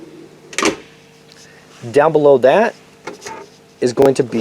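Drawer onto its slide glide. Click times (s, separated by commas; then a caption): 0.6 s. A removed drawer is pushed back in until it snaps into place at 0.6 s, locking back onto its slide glide, heard as a sharp click. Afterward someone talks.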